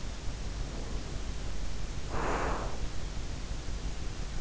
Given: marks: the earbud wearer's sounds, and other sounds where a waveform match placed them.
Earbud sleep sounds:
sounds in sleep by an in-ear microphone; breath
0.37-3.00 s: breath

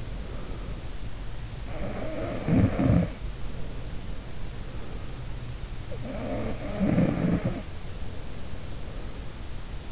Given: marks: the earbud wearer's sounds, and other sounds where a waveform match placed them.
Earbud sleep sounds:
sounds in sleep by an in-ear microphone; breath
0.00-1.02 s: breath
1.40-4.67 s: sound from someone else or the room
5.82-9.27 s: sound from someone else or the room

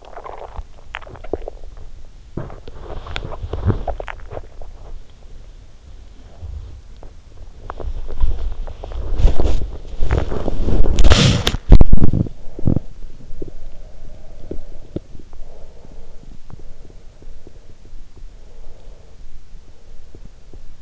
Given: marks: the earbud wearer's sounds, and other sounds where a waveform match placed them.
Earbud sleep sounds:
sounds in sleep by an in-ear microphone; swallowing, breath, body movement, cough or throat clearing or sniffle
0.03-5.52 s: swallowing
2.93-4.36 s: breath
5.70-18.72 s: body movement
7.57-9.09 s: swallowing
10.83-12.08 s: cough or throat clearing or sniffle
13.06-15.47 s: breath
15.65-20.82 s: breath

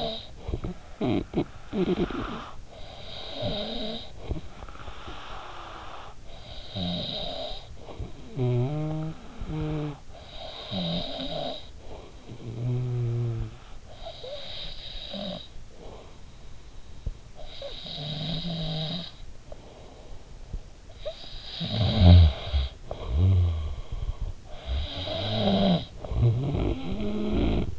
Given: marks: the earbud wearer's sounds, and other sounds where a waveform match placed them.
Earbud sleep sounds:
sounds in sleep by an in-ear microphone; snoring breath
0.00-13.70 s: snoring breath
13.81-27.78 s: snoring breath

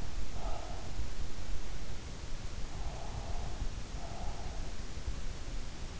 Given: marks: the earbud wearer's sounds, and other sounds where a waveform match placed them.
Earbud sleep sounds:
sounds in sleep by an in-ear microphone; breath
0.04-1.22 s: breath
2.62-5.05 s: breath

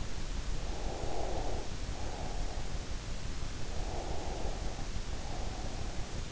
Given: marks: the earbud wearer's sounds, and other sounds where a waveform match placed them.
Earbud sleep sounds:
sounds in sleep by an in-ear microphone; breath
0.67-2.64 s: breath
3.85-6.03 s: breath

